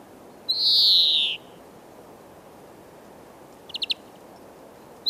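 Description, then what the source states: European greenfinch: one long descending nasal wheeze, followed a few seconds later by a quick cluster of short chirping notes. Male singing to express readiness to breed; twittering song with wheezing notes, heard again this year.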